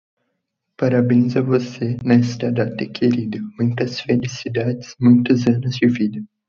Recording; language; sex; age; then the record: short text; Brazilian Portuguese; male; 18 to 19 years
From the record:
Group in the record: control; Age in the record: 18 years